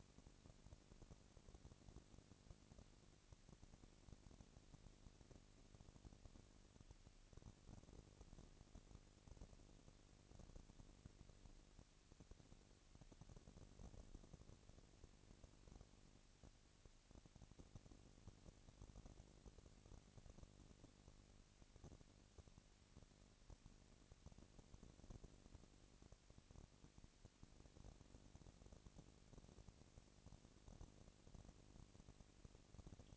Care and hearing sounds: daily activity, microphone in the room; no activity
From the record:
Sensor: 4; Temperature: 22.3 degrees Celsius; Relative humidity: 31.9%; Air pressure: 997.8 hPa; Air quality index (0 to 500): 203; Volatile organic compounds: 17 ppm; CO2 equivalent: 2568 ppm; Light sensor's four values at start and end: 2/3/1/1 and 2/3/1/1

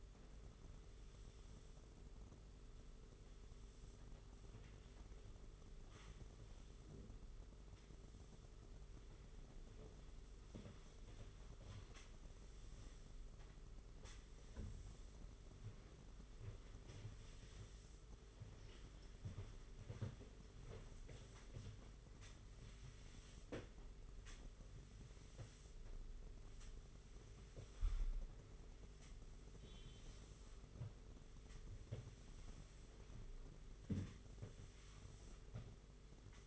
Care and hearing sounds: daily activity, microphone in the room; sweep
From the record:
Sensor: 4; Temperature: 27.1 degrees Celsius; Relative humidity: 38.3%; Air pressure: 992.2 hPa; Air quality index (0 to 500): 110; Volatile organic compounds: 18 ppm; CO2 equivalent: 2631 ppm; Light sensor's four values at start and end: 23/77/28/30 and 22/77/28/30

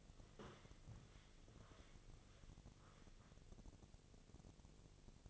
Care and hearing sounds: daily activity, microphone in the room; walk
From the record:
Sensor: 4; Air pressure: 1001.3 hPa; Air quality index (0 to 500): 179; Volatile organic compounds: 2 ppm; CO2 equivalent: 1284 ppm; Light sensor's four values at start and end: 14/33/13/14 and 14/33/13/14

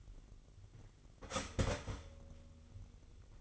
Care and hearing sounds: daily activity, microphone in the room; start toaster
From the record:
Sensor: 4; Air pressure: 1002.7 hPa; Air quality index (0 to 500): 234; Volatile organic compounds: 16 ppm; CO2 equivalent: 2536 ppm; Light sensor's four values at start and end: 21/74/27/27 and 17/57/22/21

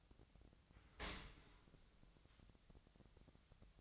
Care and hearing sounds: daily activity, microphone in the room; open dishwasher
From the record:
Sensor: 3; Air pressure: 1003.1 hPa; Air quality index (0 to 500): 196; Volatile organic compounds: 6 ppm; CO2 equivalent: 1911 ppm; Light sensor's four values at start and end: 29/72/31/33 and 29/71/30/32

